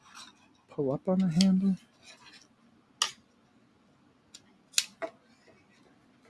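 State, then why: Seated. A folding trekking pole link is pushed into its locking handle section while the handle is pulled up, and someone talks. Several short sharp transients occur, and at 4.8 s a sharp, fast-decaying snap is heard as the section seats and locks in place.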